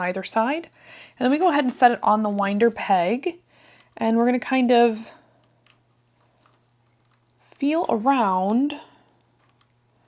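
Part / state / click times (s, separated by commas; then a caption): bobbin onto sewing machine bobbin winder peg / not seated / none. Someone talks while a bobbin is set onto the bobbin winder peg of a Juki TL-2010Q sewing machine and turned to line the peg up with its hole. Only faint handling ticks are heard between and after the talking, and the bobbin has not clicked home yet.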